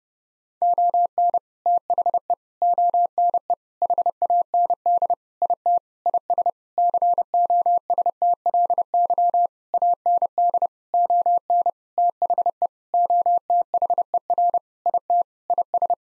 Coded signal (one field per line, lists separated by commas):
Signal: Morse code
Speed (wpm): 30 wpm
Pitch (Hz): 700 Hz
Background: none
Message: ON THE ONE HAND IT IS COSTLY AND ON THE OTHER IT IS